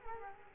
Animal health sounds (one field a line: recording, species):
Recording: mosquito wingbeat signal from an infrared sensor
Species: Culex quinquefasciatus